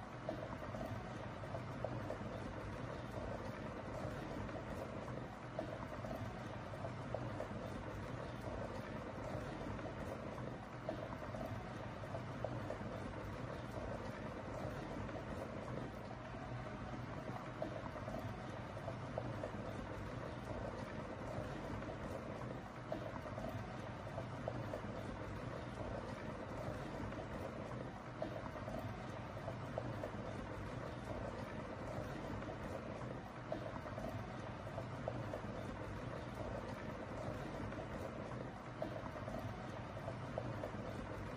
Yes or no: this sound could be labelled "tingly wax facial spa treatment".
no